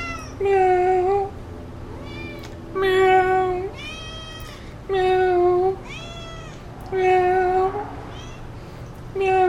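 Cat meowing in drawn-out wails, five calls about two seconds apart, the last cut off.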